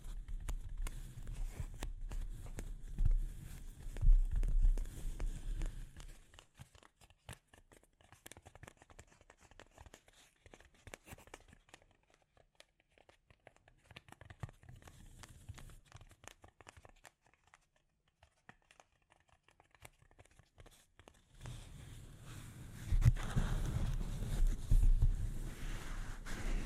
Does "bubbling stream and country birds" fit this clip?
no